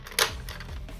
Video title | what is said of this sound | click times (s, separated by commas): The BEST Titan? - WFC Siege Omega Supreme Review | right in there and click into place | 0.5 s